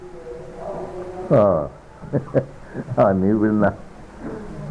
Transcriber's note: laughs